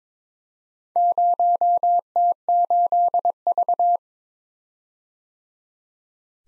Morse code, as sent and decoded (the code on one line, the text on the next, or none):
----- - ---.. ...-
0T8V